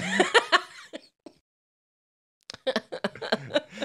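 Three quick harsh adult coughs, a pause, then a further run of coughing; painful-sounding coughs from a COVID infection.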